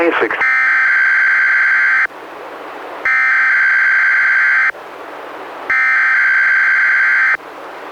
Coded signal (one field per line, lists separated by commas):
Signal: Emergency Alert System (SAME) tones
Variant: header bursts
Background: speech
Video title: EAS #111-112: 2 NWR Required Weekly Tests- May 18-25, 2016